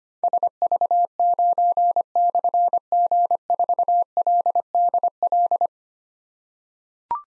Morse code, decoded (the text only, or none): SV9/G4LDL